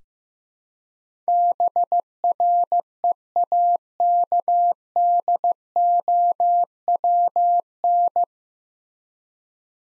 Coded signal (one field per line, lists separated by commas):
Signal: Morse code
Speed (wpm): 15 wpm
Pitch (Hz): 700 Hz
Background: none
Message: BREAKDOWN